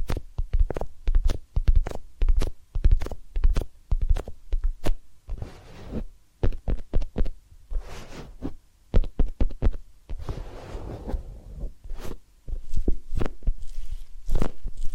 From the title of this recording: Massage, Ear Cleaning and Spa